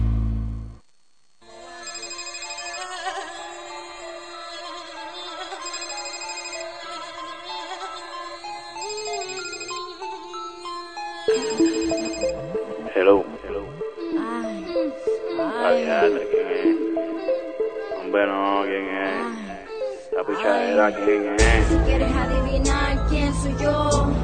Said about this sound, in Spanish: Encima todos los reggaetón empiezan hablando por teléfono, medio, todo medio fumado, ¿eh?